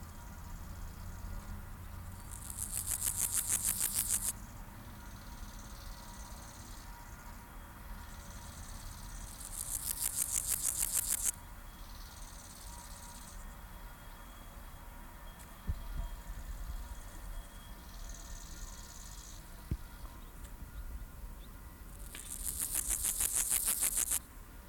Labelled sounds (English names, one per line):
Meadow Grasshopper stridulation